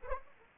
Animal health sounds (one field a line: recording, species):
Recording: mosquito wingbeat signal from an infrared sensor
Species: Anopheles arabiensis